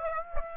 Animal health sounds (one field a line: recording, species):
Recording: mosquito wingbeat signal from an infrared sensor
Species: Aedes aegypti